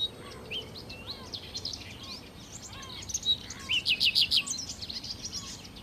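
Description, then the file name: Common nightingale song: scattered soft chirps give way to a rapid burst of loud, clipped repeated notes. "Nachtigall"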